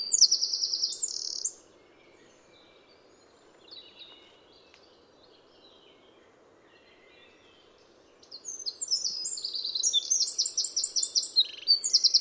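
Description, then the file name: Eurasian wren song: a high trill bursts out, a few faint notes follow during a long pause, then a second fast, ringing phrase of trills and twitters. "Troglodytes troglodytes"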